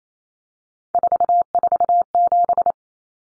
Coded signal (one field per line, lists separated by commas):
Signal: Morse code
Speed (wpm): 28 wpm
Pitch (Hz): 700 Hz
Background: none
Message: 447